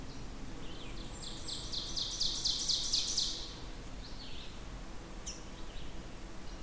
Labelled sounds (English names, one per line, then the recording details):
Ovenbird song
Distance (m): 50 m
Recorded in boreal forest in Alberta, Canada, on 16 June 2016 at 06:37
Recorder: SongMeter 3, array SBT-3-32
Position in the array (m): 151 m, 33 m
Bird 36